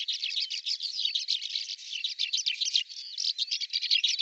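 Bird calling in a dense, continuous stream of quick high twittering notes and short whistles.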